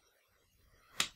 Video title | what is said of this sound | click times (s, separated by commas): Mon nouveau fer à boucler : Revue & démo du Nume Titan 3 ! | et il suffit ensuite d'appuyer jusqu'à entendre un clic donc | 1.0 s